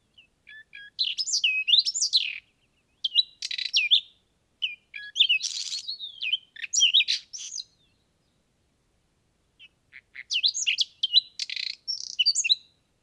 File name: tarier des pres